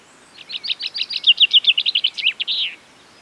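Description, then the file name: Common chaffinch song: a quick run of sweet notes that accelerates and drops into a fast descending series, ending in a brief flourish, lasting about two and a half seconds. "Fringilla coelebs"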